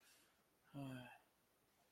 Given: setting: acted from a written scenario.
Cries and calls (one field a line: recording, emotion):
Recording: vocal sound without words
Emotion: distress